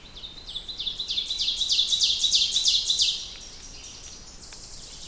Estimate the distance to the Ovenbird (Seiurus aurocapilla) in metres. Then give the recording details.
about 25 m. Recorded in boreal forest in Alberta, Canada, on 2 June 2016 at 08:35. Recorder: SongMeter 3, array SBT-3-7. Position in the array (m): 54 m, 85 m. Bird 5